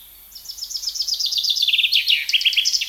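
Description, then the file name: Common chaffinch singing a fast run of descending trilled notes that steps lower midway and keeps going at the end. "Fringilla coelebs"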